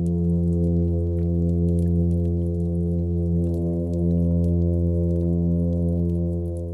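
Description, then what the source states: Plainfin midshipman fish hum, a long deep droning tone with strong harmonics that dips slightly in loudness midway and then resumes. Male's hum advertisement call, made with the swim bladder, to attract females to his nest under a rocky shelter; recorded at night, when they become very vocal, by a hydrophone placed by a nest.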